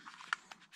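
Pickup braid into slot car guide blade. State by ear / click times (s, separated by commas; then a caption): seated / 0.3 s. A new copper pickup braid is pushed forward over the top of a slot car's plastic guide blade. It snaps into place with a sharp click at 0.3 s, with fainter clicks and handling sounds around it, and the braid is seated.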